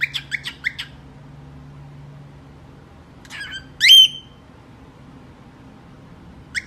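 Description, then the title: Cockatiel giving a few short chirps, then a loud harsh squawk, and a final chirp. Several cockatiels singing, whistling. "Calopsitas Cantando Assobio"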